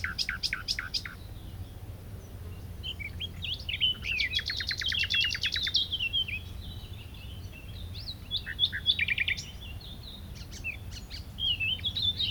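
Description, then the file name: Common nightingale singing varied phrases: loud clicking notes, a fast rattling trill, then assorted rich twittering and whistled figures over faint low hum. "Luscinia megarhynchos"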